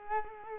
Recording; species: mosquito wingbeat signal from an infrared sensor; Culex quinquefasciatus